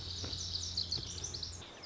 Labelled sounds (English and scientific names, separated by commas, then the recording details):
Lazuli Bunting (Passerina amoena)
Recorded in Sonoma County, California